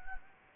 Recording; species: mosquito wingbeat signal from an infrared sensor; Anopheles gambiae